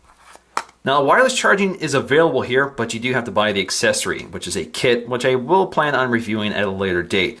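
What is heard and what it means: A battery is popped into the open battery bay of a Samsung Galaxy S5 smartphone, seating with a single sharp click at 0.6 s. Someone then talks for the rest of the clip.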